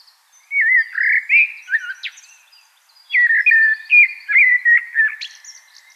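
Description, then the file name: Common blackbird song in two phrases: fluty warbled whistles ending in a high squeak, a brief pause, then more mellow notes and a sharp high flourish. "Turdus merula"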